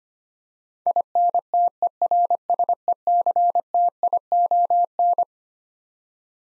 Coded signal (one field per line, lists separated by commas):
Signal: Morse code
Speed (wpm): 25 wpm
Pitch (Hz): 700 Hz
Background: none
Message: INTERSECTION